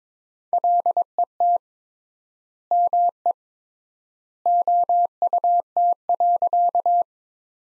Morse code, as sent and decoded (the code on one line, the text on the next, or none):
.-.. . - / -- . / --- ..- - .-.-.-
LET ME OUT.